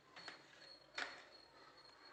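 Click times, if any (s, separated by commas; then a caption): none. An LED tube light is being handled and pressed toward its mounting holder so that it will lock in place, giving faint scraping and handling sounds with a brief brighter rustle around 1.0 s. Nothing has seated or clicked yet.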